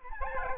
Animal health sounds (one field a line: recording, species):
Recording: mosquito wingbeat signal from an infrared sensor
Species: Aedes albopictus